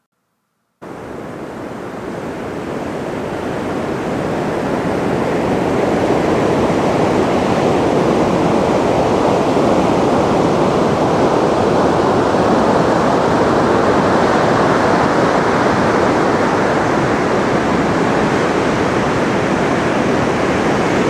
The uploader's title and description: The Sounds of the Crashing Surf at Cannon Beach, Oregon. The thunderous sound of waves crashing onto the shore at Cannon Beach, Oregon